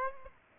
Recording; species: mosquito wingbeat signal from an infrared sensor; Aedes aegypti